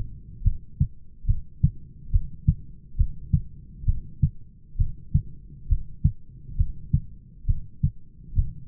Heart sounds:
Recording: heart sounds by stethoscope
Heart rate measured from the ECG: 68 bpm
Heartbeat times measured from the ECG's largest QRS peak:
0.45 s: heartbeat
1.28 s: heartbeat
2.13 s: heartbeat
2.99 s: heartbeat
3.87 s: heartbeat
4.79 s: heartbeat
5.70 s: heartbeat
6.58 s: heartbeat
7.48 s: heartbeat
8.37 s: heartbeat
From the record:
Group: heart failure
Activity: rest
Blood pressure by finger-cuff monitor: 133/94 mmHg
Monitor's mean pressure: 108 mmHg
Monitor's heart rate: 68 bpm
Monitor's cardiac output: 6.1 L/min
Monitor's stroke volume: 88 mL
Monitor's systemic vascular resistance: 1310 dyn s/cm5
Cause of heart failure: idiopathic cardiomyopathy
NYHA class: 1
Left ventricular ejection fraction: 50%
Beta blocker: bisoprolol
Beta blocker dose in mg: 5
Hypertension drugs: candesartan, spironolactone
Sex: male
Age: 54 years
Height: 180 cm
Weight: 94.6 kg

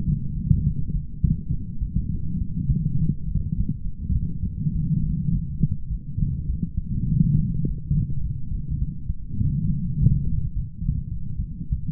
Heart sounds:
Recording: heart sounds by stethoscope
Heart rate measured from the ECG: 103 bpm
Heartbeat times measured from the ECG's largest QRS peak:
0.06 s: heartbeat
0.64 s: heartbeat
1.22 s: heartbeat
1.79 s: heartbeat
2.39 s: heartbeat
2.97 s: heartbeat
3.55 s: heartbeat
4.13 s: heartbeat
4.73 s: heartbeat
5.31 s: heartbeat
5.89 s: heartbeat
6.48 s: heartbeat
7.08 s: heartbeat
7.65 s: heartbeat
8.22 s: heartbeat
8.80 s: heartbeat
9.40 s: heartbeat
9.97 s: heartbeat
10.53 s: heartbeat
11.10 s: heartbeat
11.71 s: heartbeat
From the record:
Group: healthy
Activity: light exercise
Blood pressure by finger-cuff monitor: 133/63 mmHg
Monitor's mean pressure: 84 mmHg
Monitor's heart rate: 103 bpm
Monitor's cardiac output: 10.6 L/min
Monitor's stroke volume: 103 mL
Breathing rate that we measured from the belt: 26 breaths a minute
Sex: female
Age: 22 years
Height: 160 cm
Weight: 63 kg

